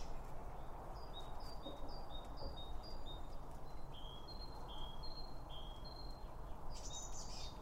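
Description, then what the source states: Birds chirping in a run of short, high notes, some steady and some dipping, over a constant low rumble, with a brief burst of chatter near the end. Birds around a bird feeder, recorded with two Line Audio OM 1 microphones.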